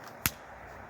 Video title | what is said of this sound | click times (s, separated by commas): Bipod: Magpul vs CV Life | right the they lock into place you've got little T markings here um | 0.3 s